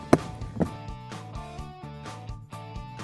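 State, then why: Seated. Two polypropylene half-rings of a Poletector 360 light-pole base guard are pressed together on the second side around the pole base until their plastic buckle snaps shut. Two sharp snaps are heard at 0.1 s and 0.6 s over a steady tonal background, and the ring halves are seated together.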